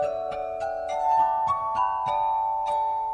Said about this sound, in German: Er spielt selbst auf einer Glasharmonika, auf 26 mit Wasser unterschiedlich gefüllten Gläsern. Ein Instrument, das heute eher in Varietés zu erleben ist.